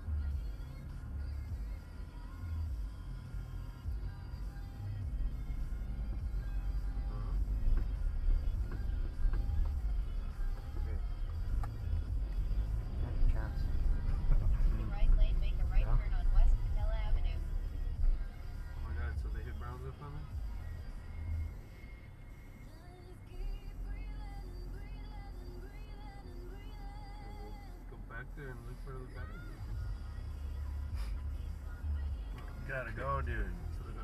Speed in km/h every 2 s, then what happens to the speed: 0, 0, 0, 0, 5, 6, 11, 16, 15, 6, 0, 0, 0, 0, 0, 0, 0.
0-6 standing. 6-14 pulls away to 16. 14-19 slows to 0. 19-34 standing.